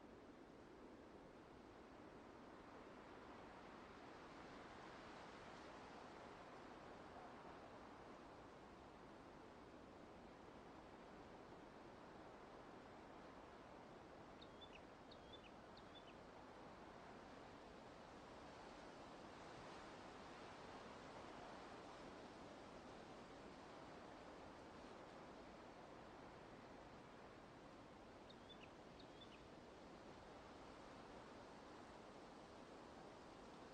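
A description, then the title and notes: Steady wind roars in a dense, unbroken rush with slow swells, while faint high bird chirps appear around fifteen and twenty-nine seconds. The sounds of the wind.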